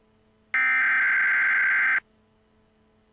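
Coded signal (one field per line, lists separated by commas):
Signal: Emergency Alert System (SAME) tones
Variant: header bursts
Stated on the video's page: Mock power outage alert using a Loquendo Dave text-to-speech voice; may contain valid EAS tones.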